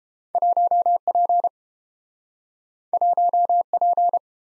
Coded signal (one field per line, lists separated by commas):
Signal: Morse code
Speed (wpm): 30 wpm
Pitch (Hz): 700 Hz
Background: none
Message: 1P 1P